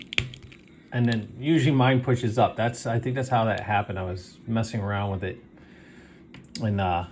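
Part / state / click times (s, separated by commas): figure head onto neck peg / seated / 0.1 s, 0.2 s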